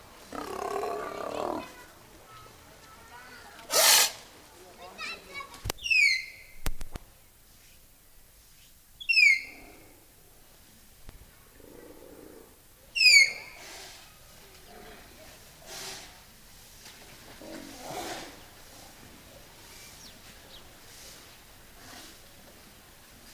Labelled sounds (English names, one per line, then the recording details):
Malayan Tapir call
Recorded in captivity
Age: adult
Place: Tiergarten Heidelberg, Baden-Württemberg, DE
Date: 2000-09-27 16:27
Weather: overcast, 16 - 17°C
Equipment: Nagra SN, Kopie Uher 4000 Report Monitor
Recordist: Tembrock, Günter